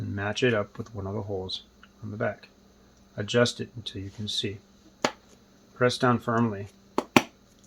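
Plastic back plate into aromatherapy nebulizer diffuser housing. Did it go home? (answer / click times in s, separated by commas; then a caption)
yes / 7.0 s, 7.2 s. A plastic back cover plate is pressed down firmly over the replacement pump in an aromatherapy nebulizer diffuser's housing while someone talks. Two sharp snap hits at 7.0 and 7.2 seconds mark the plate popping into place, seated.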